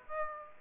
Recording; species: mosquito wingbeat signal from an infrared sensor; Aedes aegypti